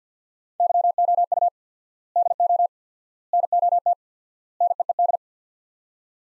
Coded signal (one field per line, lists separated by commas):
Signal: Morse code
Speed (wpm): 49 wpm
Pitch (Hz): 700 Hz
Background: none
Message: YOU DO NOT NEED